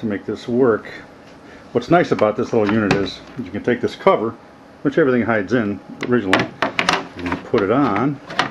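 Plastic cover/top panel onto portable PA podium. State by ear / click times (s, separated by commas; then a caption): not seated / none. Someone talks while handling the hard plastic cover that doubles as the storage case, bringing it toward the top of a portable PA podium. Only speech and light handling sounds are heard, and nothing has seated or clicked yet.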